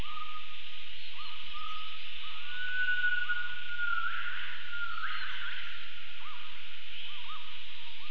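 Gibbon calls: short, hooked upward notes repeat several times, with a longer level tone midway, over a steady hiss.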